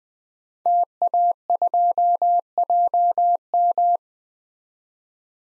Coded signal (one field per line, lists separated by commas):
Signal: Morse code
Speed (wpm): 20 wpm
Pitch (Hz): 700 Hz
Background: none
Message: TA2JM